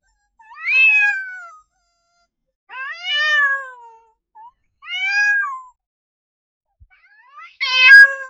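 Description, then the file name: Cat crying: four drawn-out, wavering meows that fall in pitch, spaced a few seconds apart, the last one shriller and more strained. "the kitty crying"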